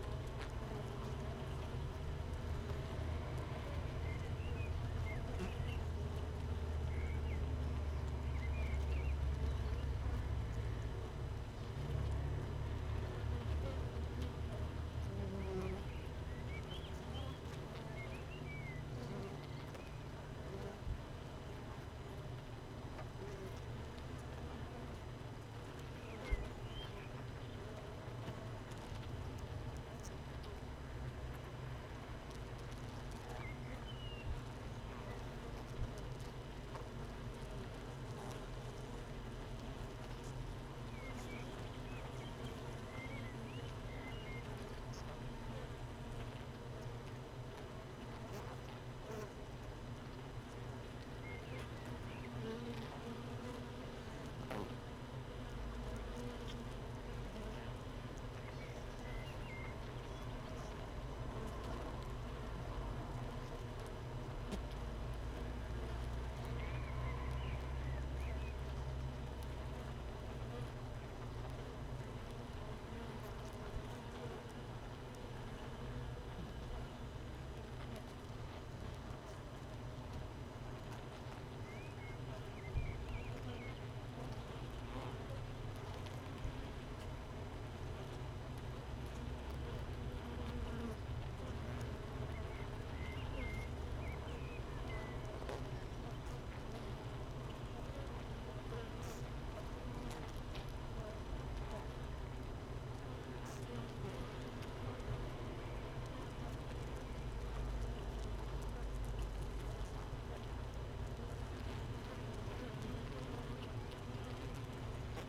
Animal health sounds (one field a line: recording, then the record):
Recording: honeybee colony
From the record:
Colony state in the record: missing queen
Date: 31 May 2018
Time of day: 15:45